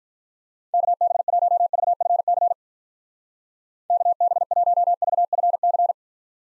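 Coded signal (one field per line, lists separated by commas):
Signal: Morse code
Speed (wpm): 47 wpm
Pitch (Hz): 700 Hz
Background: none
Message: KB1VFC KB1VFC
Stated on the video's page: Call sign practice in Speed-Racing format, starting at 1.5 times base speed and slowing to base; final repeat sent once at maximum speed.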